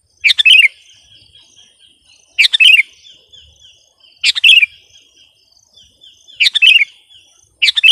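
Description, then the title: Sooty-headed bulbul repeating a short, bright, bubbly phrase roughly every two seconds, with faint whistled tones trailing between phrases. "kutilang"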